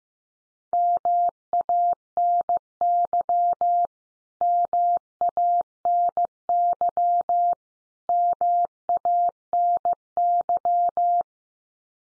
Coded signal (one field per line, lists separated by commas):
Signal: Morse code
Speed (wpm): 15 wpm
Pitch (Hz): 700 Hz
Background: none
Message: MANY MANY MANY